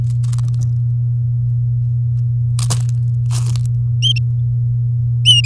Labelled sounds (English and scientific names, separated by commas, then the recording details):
Domestic Canary (Serinus canaria) song
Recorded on 8 May 2018 at 09:19
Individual llb16